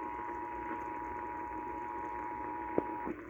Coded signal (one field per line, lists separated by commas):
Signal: Emergency Alert System (SAME) tones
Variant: 853 and 960 Hz attention tone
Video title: Spooky Late Night Tests | EAS Tests From 10/5/2021 (EAS #967-976)